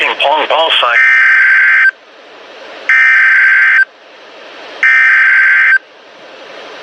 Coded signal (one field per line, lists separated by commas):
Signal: Emergency Alert System (SAME) tones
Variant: header bursts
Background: speech